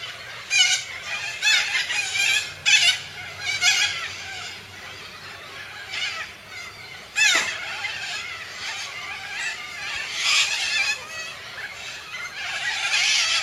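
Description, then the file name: Major Mitchell's cockatoo with harsh screeches coming in short separate bursts, a sharp loud cry near seven seconds, and dense raspy calling at the close. "canto da cacatua inca"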